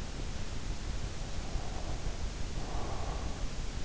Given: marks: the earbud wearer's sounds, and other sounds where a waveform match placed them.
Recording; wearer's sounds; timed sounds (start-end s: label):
sounds in sleep by an in-ear microphone; breath
1.51-3.42 s: breath